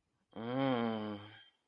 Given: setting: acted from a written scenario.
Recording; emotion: vocal sound without words; desire